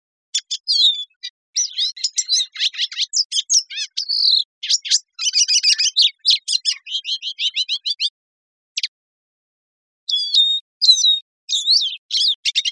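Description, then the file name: Lesser goldfinch delivering a long, rapid jumble of high chips, buzzy notes and clear whistles, broken by brief silences before more varied twitters. Costa Rica, 2 August 2006. "CR LEGO 060802"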